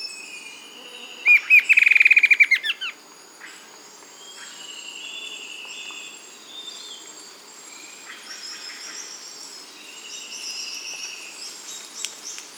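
Bird song: one loud phrase of rapid notes near the start, then quieter scattered chirps.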